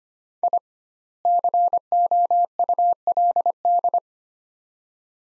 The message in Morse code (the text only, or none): I COULD